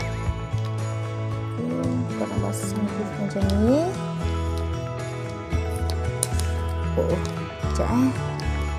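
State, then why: Not seated. A plastic layer or lid of a two-layer baby formula milk container is handled and pressed together while music plays and someone talks. A few short sharp plastic ticks stand out, but nothing has seated or clicked into place yet.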